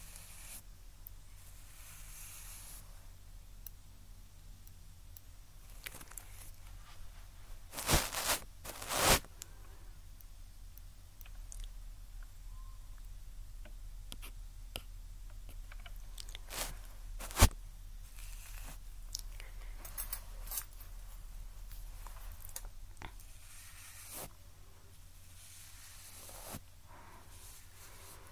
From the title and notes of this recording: ASMR Tascam Ear Cleaning (Picking, Brushing, Q-Tip, Tweezers).